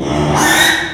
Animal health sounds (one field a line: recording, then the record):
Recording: squeal of a Yucatan mini pig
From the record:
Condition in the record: after surgery on the right vocal fold (resection and tissue-engineered implant)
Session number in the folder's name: 3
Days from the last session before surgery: 33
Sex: male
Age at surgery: 12 weeks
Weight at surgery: 13 kg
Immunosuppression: cyclosporine, prednisolone